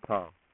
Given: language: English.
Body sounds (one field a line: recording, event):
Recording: throat vibration sensor signal played as sound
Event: speech